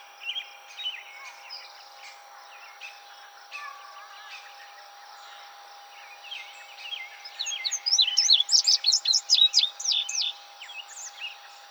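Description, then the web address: Indigo bunting song bursts out late: quick high chirps repeated rapidly for about three seconds, after several seconds of faint bird notes and a constant hum. Recorded 26 June 2007. "Indigo Bunting 2007 06 26"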